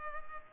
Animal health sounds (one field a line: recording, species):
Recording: mosquito wingbeat signal from an infrared sensor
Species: Culex pipiens